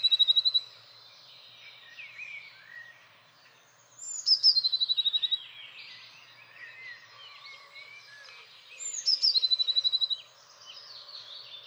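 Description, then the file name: Eurasian blue tit song: three phrases of thin high notes dropping into a fast even trill, the first cut off at its start, roughly every four to five seconds, with other birds chattering softly behind. "Blåmeis"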